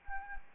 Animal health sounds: mosquito wingbeat signal from an infrared sensor; Anopheles arabiensis

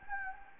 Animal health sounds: mosquito wingbeat signal from an infrared sensor; Anopheles gambiae

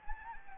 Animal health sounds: mosquito wingbeat signal from an infrared sensor; Anopheles gambiae

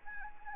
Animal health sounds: mosquito wingbeat signal from an infrared sensor; Anopheles arabiensis

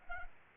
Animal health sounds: mosquito wingbeat signal from an infrared sensor; Culex pipiens

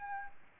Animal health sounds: mosquito wingbeat signal from an infrared sensor; Aedes albopictus

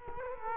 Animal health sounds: mosquito wingbeat signal from an infrared sensor; Culex quinquefasciatus

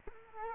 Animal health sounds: mosquito wingbeat signal from an infrared sensor; Culex quinquefasciatus

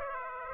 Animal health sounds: mosquito wingbeat signal from an infrared sensor; Aedes aegypti

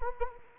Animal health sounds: mosquito wingbeat signal from an infrared sensor; Anopheles arabiensis

